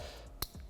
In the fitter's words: and you just want to make sure you get a nice click so that way you know everything's seated making a good connection